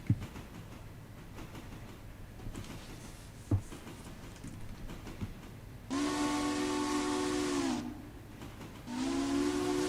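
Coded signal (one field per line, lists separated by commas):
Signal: train horn signal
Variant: steam locomotive whistle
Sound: quiet rumble and clicks, then two hissy steam whistle blasts, the second cut off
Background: low rumble, clicks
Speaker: I saw the whistle signal I had to do it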